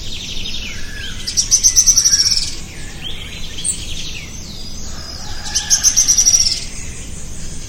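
Bird giving a high, thin, rapid trill that slides slightly downward over about a second, heard twice, with softer chirps and steady background hiss between.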